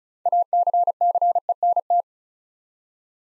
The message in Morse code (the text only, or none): ACCENT